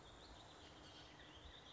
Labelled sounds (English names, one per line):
Bullock's Oriole